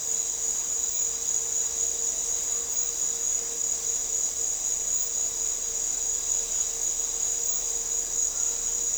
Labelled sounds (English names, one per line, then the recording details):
none
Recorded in dense forest near Puerto Asís, Putumayo, Colombia, on 4 March 2025 at 08:30
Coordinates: 0.467, -76.328
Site G041